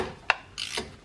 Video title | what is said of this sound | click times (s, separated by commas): Cheap R32 restoration project Ep.8 - Mechatronic cover replacement. | so tight just missed my torque wrench click then there | 0.3 s